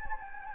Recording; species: mosquito wingbeat signal from an infrared sensor; Anopheles gambiae